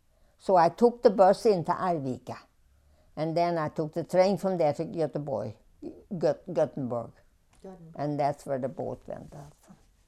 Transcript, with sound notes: So I took the bus into Arvika. And then I took the train from there to Goteborg, (altering her pronounciation)
Guttenberg.
And that's where the boat went out from.